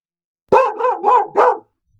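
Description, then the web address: Dog barking: four rough, wavering barks in quick succession, nearly running together over about one second, with silence before and after. "Ya Thar Th Sha Rma 999 sound effects. Dog barking"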